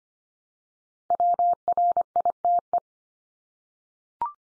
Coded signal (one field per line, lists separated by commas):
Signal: Morse code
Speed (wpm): 25 wpm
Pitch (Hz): 700 Hz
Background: none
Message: WRITE